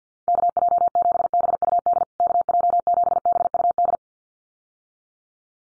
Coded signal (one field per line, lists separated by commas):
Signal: Morse code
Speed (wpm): 50 wpm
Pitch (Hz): 700 Hz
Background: none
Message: KJ7BUD KJ7BUD